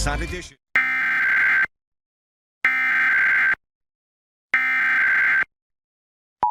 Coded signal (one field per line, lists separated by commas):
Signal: Emergency Alert System (SAME) tones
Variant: header bursts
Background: speech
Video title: WYFF-TV Required Monthly Test (EAS #720)